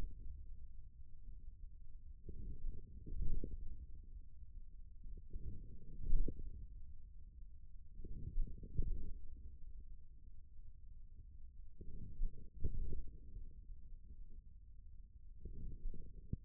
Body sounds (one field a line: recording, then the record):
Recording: forearm muscle sounds (acoustic myography)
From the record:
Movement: forearm pronation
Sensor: system 1, eight BSWA MPA416 microphones around the upper forearm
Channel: 6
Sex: male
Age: 41 years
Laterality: right